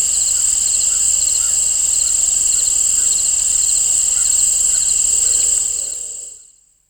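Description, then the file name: Crickets chirping: a steady high trill under quick pulsed chirps that repeat in short bursts; the sound fades out at the end. Crickets in an open field, given as a nature ambience. "Crickets and Birds In an Open Field"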